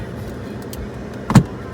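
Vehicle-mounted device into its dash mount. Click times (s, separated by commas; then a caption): 1.3 s. Inside a vehicle, a plugged-in device is pushed into its dash mount and snaps into place with a sharp click at 1.3 s, heard over a steady low background hum. The device is seated in its holder.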